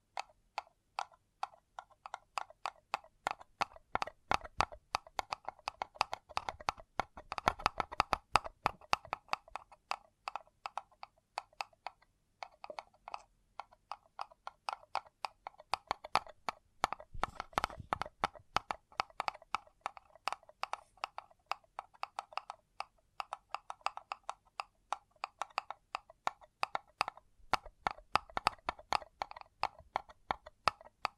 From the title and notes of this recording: ASMR Deeply Relaxing Paper Cup Tingles 1 Hr (No Talking).